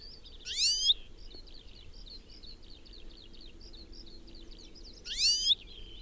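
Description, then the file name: European goldfinch calls: two loud rising calls about four and a half seconds apart, with a steady stream of light, twittering chirps in between. "Carduelis carduelis"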